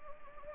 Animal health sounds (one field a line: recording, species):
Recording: mosquito wingbeat signal from an infrared sensor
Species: Anopheles gambiae